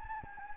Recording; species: mosquito wingbeat signal from an infrared sensor; Anopheles gambiae